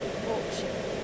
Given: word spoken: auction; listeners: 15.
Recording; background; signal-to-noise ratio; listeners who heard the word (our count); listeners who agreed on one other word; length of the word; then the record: one English word in noise, from a listening test; speech-shaped noise; -4.1 dB; 1 of 15; 6 of 15; 0.64 s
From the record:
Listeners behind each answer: 6, 2, 1, 1, 1, 1, 1, 1, 1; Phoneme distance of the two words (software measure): 27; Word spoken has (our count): 2 syllables, 4 phonemes, stress on syllable 1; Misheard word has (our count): 2 syllables, 5 phonemes, stress on syllable 1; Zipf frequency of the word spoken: 5.17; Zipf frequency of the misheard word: 4.51